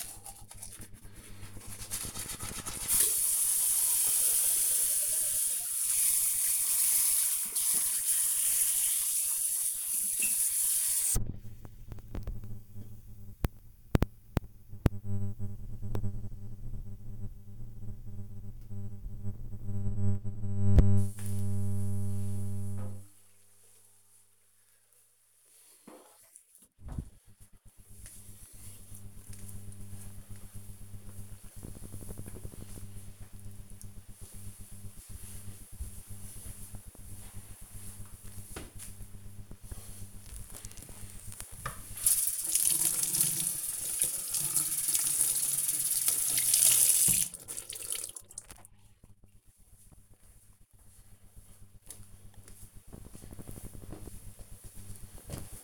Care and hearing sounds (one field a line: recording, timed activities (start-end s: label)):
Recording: household activities, microphone on the right wrist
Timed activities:
0.00-20.06 s: brushing teeth
40.22-55.64 s: cleaning table